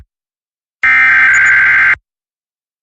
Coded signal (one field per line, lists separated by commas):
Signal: Emergency Alert System (SAME) tones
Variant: header bursts